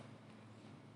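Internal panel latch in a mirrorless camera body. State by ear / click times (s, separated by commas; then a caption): not seated / none. A small internal panel with a locking catch is pushed into place while a Sony A6000 mirrorless camera body is being reassembled, heard only as a steady, even hiss with a low hum and no distinct sounds. The catch has not locked and nothing has clicked yet, so it needs another try.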